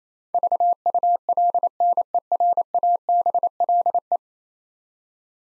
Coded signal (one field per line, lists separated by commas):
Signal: Morse code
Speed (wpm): 28 wpm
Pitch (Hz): 700 Hz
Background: none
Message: VULNERABLE